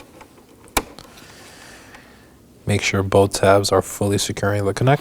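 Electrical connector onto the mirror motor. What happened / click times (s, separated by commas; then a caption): The electrical connector clipped onto its terminal / 0.8 s. During a mirror cap replacement on a 2018-2024 Chevrolet Equinox, an electrical connector is slid over the terminal of the mirror motor (called the window motor) and clipped in, with one sharp click at 0.8 s as it seats. After a quiet stretch, someone talks while both tabs are checked to confirm they are fully securing the connector.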